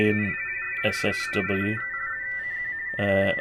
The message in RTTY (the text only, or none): TU R6ON/1 CQ